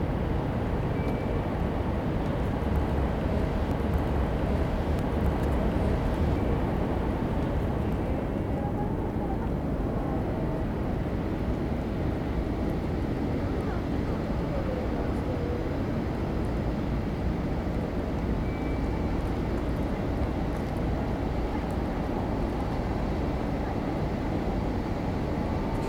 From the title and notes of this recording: Field-recorded at the plaza in front of Tokyo Sta. An ambient track arranged by kaolu_euphony from the sound materials field-recorded at several places in Tokyo.